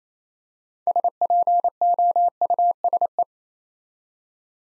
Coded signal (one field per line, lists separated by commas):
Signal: Morse code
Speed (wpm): 28 wpm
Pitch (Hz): 700 Hz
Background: none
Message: SPOUSE